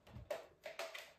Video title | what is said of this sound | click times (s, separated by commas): [English] FAMAS F1 the first ever AEG by Tokyo Marui 1991 | it snaps right into place | 0.3 s